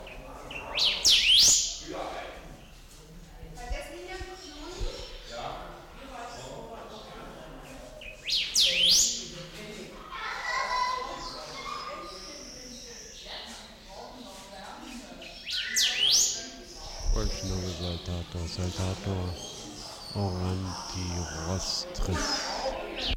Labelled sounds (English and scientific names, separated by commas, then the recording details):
Golden-billed Saltator (Saltator aurantiirostris)
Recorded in captivity
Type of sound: song, call, call sequence
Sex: male
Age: adult
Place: Zoo Berlin, Berlin, DE
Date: 1993-06-05
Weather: 20-25 °C, sonnig
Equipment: Marantz CP 430, Sennheiser ME 80, Kopie Uher Variocord 263
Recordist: Tembrock, Günter
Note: 3 Strophen; 2 m